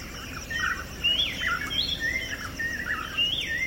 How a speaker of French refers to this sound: Et ça arrive de manière assez... assez abrupte, puisque un oiseau se met à chanter et d'un coup toute la savane se met en marche, en ordre de marche, et se met à chanter.